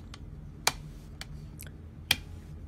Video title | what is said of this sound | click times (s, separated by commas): How to Install Ram in Asus Laptop Q301 | as soon as that pops into place what I'm going to do is I'm going to put the backplate of the laptop back | 0.7 s, 2.1 s